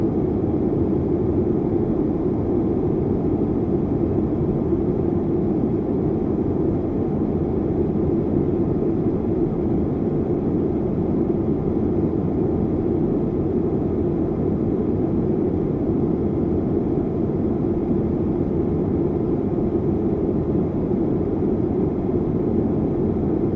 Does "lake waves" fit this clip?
no